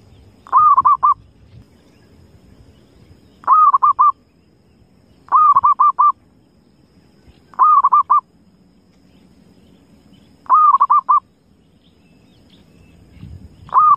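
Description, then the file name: Zebra dove's cooing phrase repeated five times every few seconds, with the start of a sixth at the end, each a quick run of soft, clipped notes, with faint low background noise. Lure call used for trapping zebra doves. "suara perkutut pikat"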